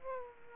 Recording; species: mosquito wingbeat signal from an infrared sensor; Aedes aegypti